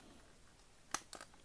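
A plastic tab on a BB7 Yes-Model YM-01 transforming figure, a knockoff of the Masterpiece MP-11SW Skywarp, is pushed into its slot during transformation against a quiet background. A sharp snap at 0.9 s seats the tab firmly, and fainter plastic clicks follow at about 1.1, 1.2 and 1.4 s.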